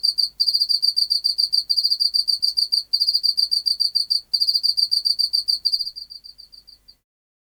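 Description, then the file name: Pacific field cricket song of quick high-pitched pulses in trilled phrases, ending with a series of softer, more widely spaced chirps that fade out. "Teleogryllus oceanicus"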